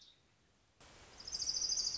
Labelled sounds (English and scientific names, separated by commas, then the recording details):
Orange-crowned Warbler (Leiothlypis celata)
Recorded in Sonoma County, California